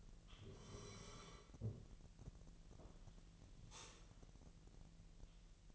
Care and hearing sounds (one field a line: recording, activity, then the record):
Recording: daily activity, microphone in the room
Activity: sit down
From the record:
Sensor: 4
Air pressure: 1002.8 hPa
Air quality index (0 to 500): 248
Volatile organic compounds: 29 ppm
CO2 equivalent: 2946 ppm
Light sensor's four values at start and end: 9/22/9/9 and 10/22/9/9